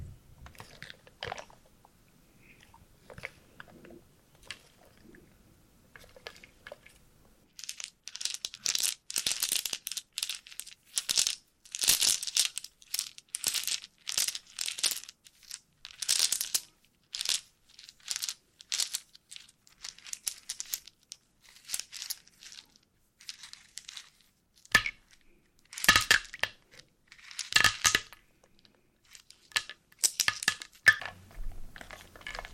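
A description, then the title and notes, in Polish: Wooden pieces are stirred and shuffled together in a crisp, crunching rattle. The first seven seconds hold only sparse, quiet clicks, then dense bursts of bright crackling take over in uneven waves with short pauses, continuing to the end. Drewniana zupa IDEALNE NA SEN ASMR po polsku!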